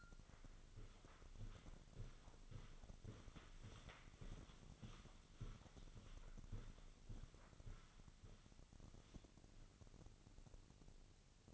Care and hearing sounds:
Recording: daily activity, microphone in the room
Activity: walk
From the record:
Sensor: 4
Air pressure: 1010.1 hPa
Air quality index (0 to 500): 173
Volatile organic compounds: 2 ppm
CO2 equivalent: 1255 ppm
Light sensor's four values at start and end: 56/139/58/64 and 56/139/59/64

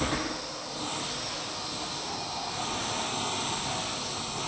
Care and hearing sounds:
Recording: daily activity, microphone in the room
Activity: vacuum cleaning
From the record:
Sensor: 1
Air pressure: 999.3 hPa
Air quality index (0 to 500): 206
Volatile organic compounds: 48 ppm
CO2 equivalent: 3262 ppm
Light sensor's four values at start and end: 9/22/8/9 and 9/21/8/9

